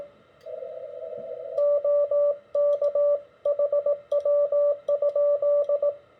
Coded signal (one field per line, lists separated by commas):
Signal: Morse code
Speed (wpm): 19 wpm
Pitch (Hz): 580 Hz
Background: radio noise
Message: OK HW?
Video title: What does a CW QSO look like?